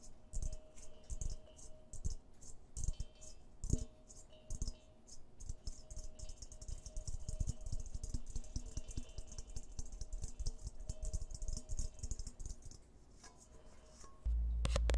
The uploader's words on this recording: ASMR tapping on different objects at varied speeds. Soft and hard tapping with nails and finger pads.